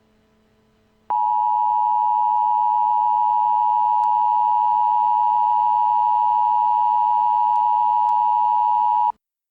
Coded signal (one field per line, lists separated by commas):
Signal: Emergency Alert System (SAME) tones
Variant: 853 and 960 Hz attention tone